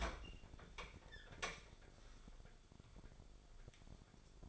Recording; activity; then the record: daily activity, microphone in the room; open fridge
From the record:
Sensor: 5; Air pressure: 1004.7 hPa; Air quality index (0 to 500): 155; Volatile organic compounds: 3 ppm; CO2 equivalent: 1459 ppm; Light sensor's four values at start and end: 21/48/19/18 and 23/52/21/19